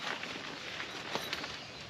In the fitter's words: I don't know if you heard that click